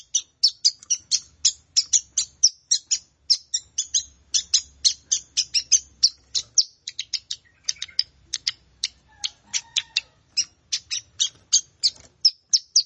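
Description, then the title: Plain prinia song: a long, fast, unbroken series of high, sharp chirps, slightly uneven in pace. "Ciblek Sawah"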